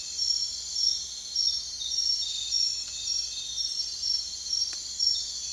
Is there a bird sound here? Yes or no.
no